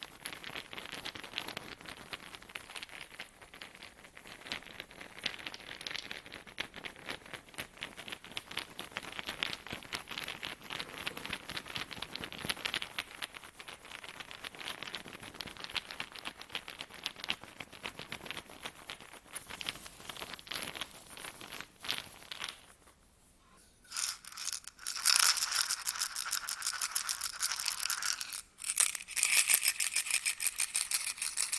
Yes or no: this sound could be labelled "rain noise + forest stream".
no